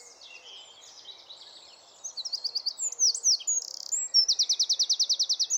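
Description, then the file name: Eurasian wren song begins faintly, then bursts into loud sharp notes, a short buzz and a rapid, regular trill at the end. "Troglodytes troglodytes"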